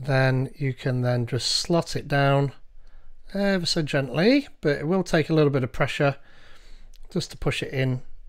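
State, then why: Not seated. Someone talks while an M.2 HAT board for the Raspberry Pi AI Kit is being slotted gently down onto the Raspberry Pi's GPIO pin header, needing a little pressure to push it in. A faint sharp tick is heard at 7.0 s during the talk, but the board has not seated or clicked in yet.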